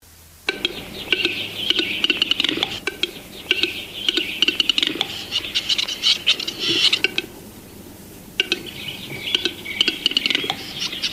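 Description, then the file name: Western Capercaillie display song: scratchy, grinding phrases with scattered clicks, a short lull near the end, then more. "Gallo cedrone (Tetrao urogallus)"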